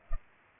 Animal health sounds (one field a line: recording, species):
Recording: mosquito wingbeat signal from an infrared sensor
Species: Culex pipiens